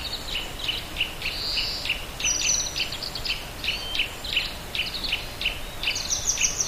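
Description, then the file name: Grey wagtail singing a brisk series of high, sharp notes, with a longer note early on and faster repeated notes near the end, against faint hiss. "kisekirei"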